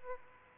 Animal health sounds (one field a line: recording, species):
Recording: mosquito wingbeat signal from an infrared sensor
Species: Aedes aegypti